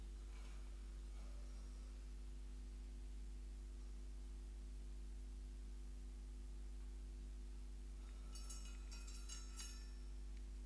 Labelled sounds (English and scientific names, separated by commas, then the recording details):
Common Pine Vole (Microtus subterraneus) defence call
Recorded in captivity
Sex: diverse
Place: Wohnung, Berlin, DE
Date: 1988-09-18 15:00
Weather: Zimmertemperatur
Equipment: Tesla B 115, RFT DM 2415 (Originalband)
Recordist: Frommolt, Karl-Heinz